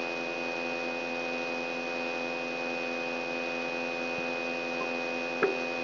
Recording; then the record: brain microelectrode recording played as sound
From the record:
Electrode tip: outside the subthalamic nucleus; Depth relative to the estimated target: 1 mm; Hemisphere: left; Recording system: AlphaMap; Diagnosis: Parkinson's disease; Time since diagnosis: 9 years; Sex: female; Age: 46 years